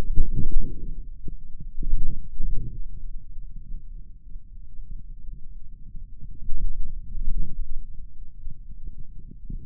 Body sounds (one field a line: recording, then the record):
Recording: forearm muscle sounds (acoustic myography)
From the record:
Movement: radial deviation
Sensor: system 2, bracelet of six BSWA MPA416 microphones around the upper forearm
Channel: 6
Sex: male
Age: 22 years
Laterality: right